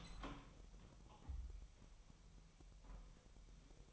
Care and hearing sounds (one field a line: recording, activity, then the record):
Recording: daily activity, microphone in the room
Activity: open door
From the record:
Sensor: 1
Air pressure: 1001.2 hPa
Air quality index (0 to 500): 249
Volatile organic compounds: 146 ppm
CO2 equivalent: 4003 ppm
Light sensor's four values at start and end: 11/26/11/11 and 12/28/12/13